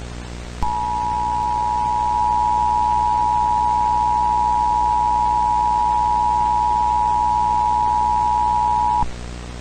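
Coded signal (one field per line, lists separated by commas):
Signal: Emergency Alert System (SAME) tones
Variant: 853 and 960 Hz attention tone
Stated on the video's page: Fictional EAS scenario.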